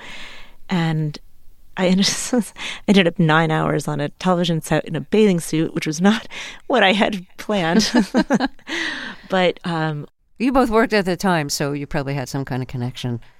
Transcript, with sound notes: And I ended up 9 hours on a television set in a bathing suit, which was not what I had planned.
(LAUGHTER)
But...
You both worked at the time, so you probably had some kind of connection